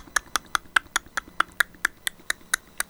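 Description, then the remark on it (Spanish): A steady run of sharp tongue clicks, made by pressing the tongue against the palate, about four per second, popping with a hollow knock like trotting horse hooves. The clicks come alone, fairly loud, with no talking. “Ahora vamos a pegar la lengua a nuestro paladar y hacer este sonido.”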